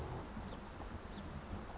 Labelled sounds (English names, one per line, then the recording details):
Song Sparrow
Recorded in Sonoma County, California